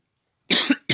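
Adult man coughs after taking a couple of hits from smoking weed.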